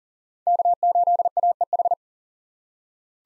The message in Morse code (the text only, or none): K8AEH